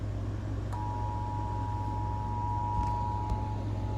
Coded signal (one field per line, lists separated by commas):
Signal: Emergency Alert System (SAME) tones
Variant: 853 and 960 Hz attention tone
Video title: this is the shittiest EAS alert i've seen [EAS #2,325]